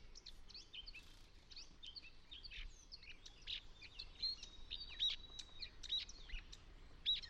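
Eurasian Blackcap song, fairly soft, with short scratchy warbled phrases and a few clear whistled notes, over faint background noise.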